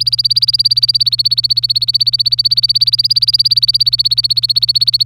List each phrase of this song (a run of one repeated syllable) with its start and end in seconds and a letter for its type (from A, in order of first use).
0.00-5.05 A